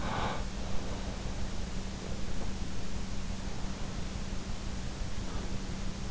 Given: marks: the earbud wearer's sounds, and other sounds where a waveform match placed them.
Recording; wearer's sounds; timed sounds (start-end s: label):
sounds in sleep by an in-ear microphone; breath
0.00-1.34 s: breath